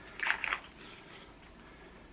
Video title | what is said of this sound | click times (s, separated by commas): CAA GLOCK 26,27,33 MICRO CONVERSITION KIT UNBOXING | Just slide onto that rail. It clicks into place. | 0.3 s